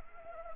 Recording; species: mosquito wingbeat signal from an infrared sensor; Anopheles arabiensis